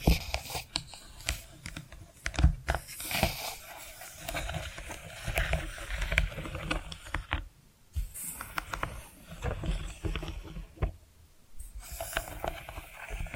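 Tapping and scratching sounds fill the recording, a busy stream of short clicks and taps with scratchy rustling between them. The activity is uneven, with louder sharp taps around the second and third seconds and brief quiet gaps near eight and eleven seconds.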